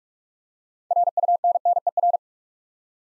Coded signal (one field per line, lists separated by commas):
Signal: Morse code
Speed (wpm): 44 wpm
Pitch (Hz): 700 Hz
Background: none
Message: RUNNER